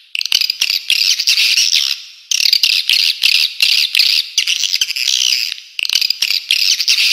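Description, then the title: Swiftlet twittering calls, continuous shrill chirping in short pulses with occasional brief pauses. "Suara Walet"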